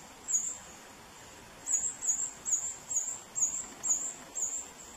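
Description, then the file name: Hummingbird song: after a single opening note and a short pause, a run of seven high, squeaky chip notes, about two per second, with faint hiss underneath. "Canto do beija flor roxo"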